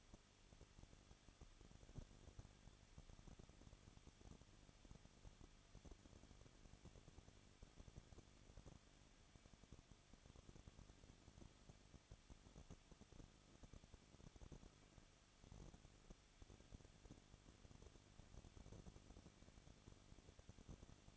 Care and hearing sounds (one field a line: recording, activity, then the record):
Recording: daily activity, microphone in the room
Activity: no activity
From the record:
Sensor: 4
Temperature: 23.0 degrees Celsius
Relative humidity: 34.2%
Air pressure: 1007.3 hPa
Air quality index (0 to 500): 217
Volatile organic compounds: 15 ppm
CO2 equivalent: 2512 ppm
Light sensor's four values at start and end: 2/3/1/1 and 2/3/1/1